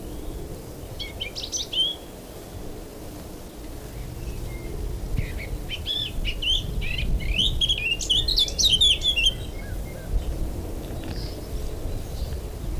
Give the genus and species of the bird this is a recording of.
Sylvia atricapilla